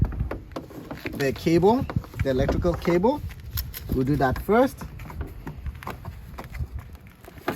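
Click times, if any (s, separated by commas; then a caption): 7.5 s. The electrical cable connector is plugged onto a headlight bulb on an LR3 during a bulb change while someone talks, with small handling knocks and rustles throughout. The connector clicks in at 7.5 seconds, a sharp click that shows it is seated correctly.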